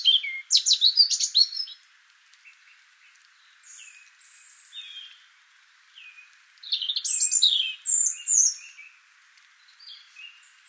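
European robin song: a loud tumbling phrase of rapid high notes, quieter thin whistles, then another bright warbling burst near the end.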